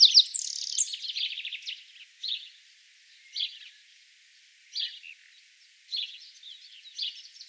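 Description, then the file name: Eurasian wren giving a loud, fast, high-pitched trill at the start, followed by softer, short high chirping phrases every second or so. "Troglodytes troglodytes"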